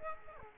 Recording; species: mosquito wingbeat signal from an infrared sensor; Aedes aegypti